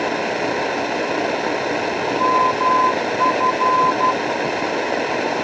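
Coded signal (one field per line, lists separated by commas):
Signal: Morse code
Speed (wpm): 12 wpm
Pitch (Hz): 1020 Hz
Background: none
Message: MF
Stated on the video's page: Radio sound clip partly drowned out by people talking in the background.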